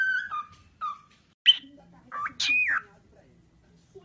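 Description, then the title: Cockatiel giving a few falling whistles followed by harsher squawking calls. Several cockatiels singing and whistling. "Calopsitas Cantando Assobio"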